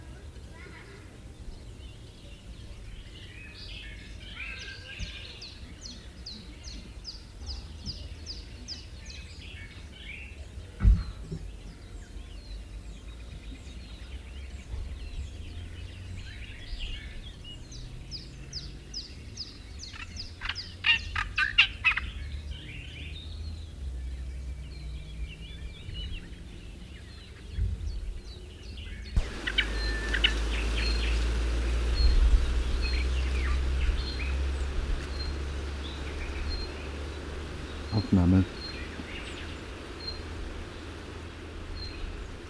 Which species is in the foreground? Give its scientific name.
Hippolais olivetorum